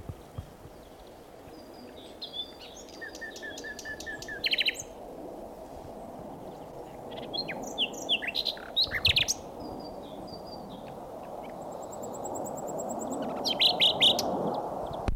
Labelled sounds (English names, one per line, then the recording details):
Common Nightingale
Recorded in the wild
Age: adult
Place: Blankenfelde, Berlin, DE
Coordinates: 52.625, 13.404
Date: 1992-05-01 12:46
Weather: heiter bis wolkig, böiger Wind, 16 °C
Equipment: Nagra SN, Mikrofon AKG CK 8, Kopie Tesla B 116
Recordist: Tembrock, Günter
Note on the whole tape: Schutzgebiet Schildow, Rand Arkenberge, Gesang